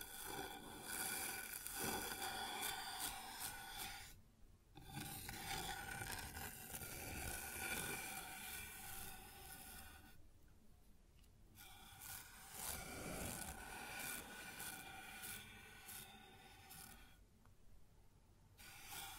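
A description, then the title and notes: Rubbing and scraping sounds on a wooden surface, a dense, gritty rasp like filing or sanding that runs almost without pause. The strokes are bright and scratchy, with brief breaks near 4, 10 and 17 seconds where the high hiss drops away. ASMR Sounds on Wooden Surface (No Talking).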